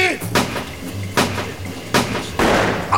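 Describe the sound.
Several loud gunshots ring out in an irregular sequence, each a sharp blast with a brief trailing decay, with indistinct voices and rumbling noise in the background.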